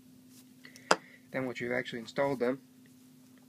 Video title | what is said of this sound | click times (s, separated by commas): How to install CCFL Angel Eyes into MONSTER shrouds | They'll kind of click into place. | 0.9 s